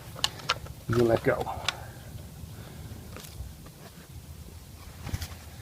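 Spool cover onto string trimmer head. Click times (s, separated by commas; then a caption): 0.2 s, 0.5 s. The plastic cover of a string trimmer head is pressed onto the spool housing while the line ends are held tight, giving sharp snaps at 0.2 s and 0.5 s as it clicks into place. Someone talks afterward, and the cover is seated.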